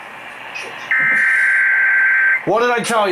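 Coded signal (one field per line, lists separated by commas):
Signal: Emergency Alert System (SAME) tones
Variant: header bursts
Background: speech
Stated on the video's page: Real EAS test alerts captured in October 2021.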